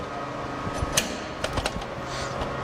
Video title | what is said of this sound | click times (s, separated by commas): 4 Connecting to the Imants | release the the collar and I pull back until I hear it click once | 1.0 s